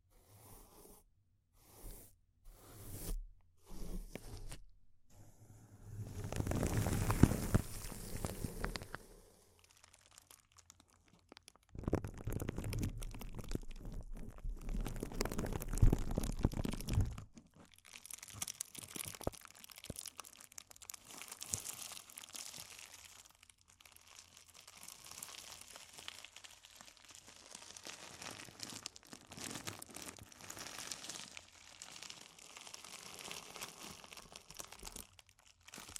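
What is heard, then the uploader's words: Intense close-up crinkles, starting with a few short separate bursts in the first five seconds, then two long loud stretches of dense, crunchy crumpling around 6–9 and 12–17 seconds. The rest settles into softer, steady rustling and crinkling with occasional brief pauses. ASMR Intense Close-Up Crinkles (No Talking).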